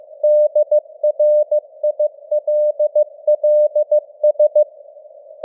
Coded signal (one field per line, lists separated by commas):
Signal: Morse code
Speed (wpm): 15 wpm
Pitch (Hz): 600 Hz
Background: none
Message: DRILLS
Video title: Morse Code News | 2026-01-10 | 15wpm